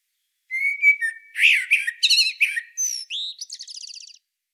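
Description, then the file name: Common blackbird sings a long phrase: mellow fluting whistles, then rapid clipped notes and a thin, fast, rattling twitter at the end. "Turdus merula"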